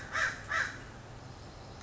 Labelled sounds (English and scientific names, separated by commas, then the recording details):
American Crow (Corvus brachyrhynchos)
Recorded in Sonoma County, California